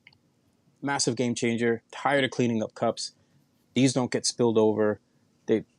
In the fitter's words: snaps back in or you can just snap them out like that but for me